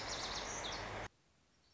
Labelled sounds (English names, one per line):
Lazuli Bunting